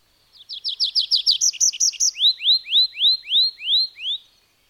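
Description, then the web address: A bird sings a brisk series of high chipping notes, a short set of hooked notes, then six evenly spaced arching whistles that slow the phrase down. "madarak enek"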